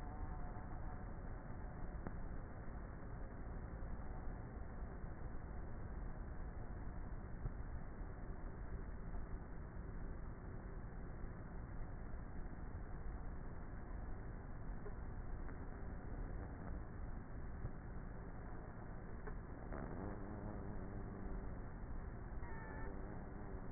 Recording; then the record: honeybee colony, microphone inside the hive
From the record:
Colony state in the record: queenless with a low population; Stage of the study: before two queens were removed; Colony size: about 30,000 bees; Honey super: no